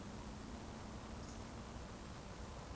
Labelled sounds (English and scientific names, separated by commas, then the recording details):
Eurasian Woodcock (Scolopax rusticola) whistle
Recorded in Baden-Württemberg, Germany, on 24 June 2020 at 20:39 UTC
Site 14569, 102 m above sea level